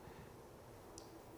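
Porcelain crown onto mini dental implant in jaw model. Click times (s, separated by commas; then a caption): 1.0 s. A porcelain crown is pressed onto a mini dental implant in a demonstration jaw model. A single short, sharp click sounds at 0.98 s over a quiet background, and the crown snaps into place and is seated.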